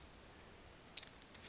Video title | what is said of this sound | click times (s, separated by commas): Husqvarna Viking 190 Sewing Machine | till it clicks on the top just like that | 1.0 s